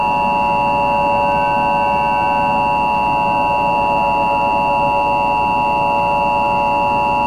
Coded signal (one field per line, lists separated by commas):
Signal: Emergency Alert System (SAME) tones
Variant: 853 and 960 Hz attention tone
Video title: STARFALL: A EAS Long Scenario/Analog Horror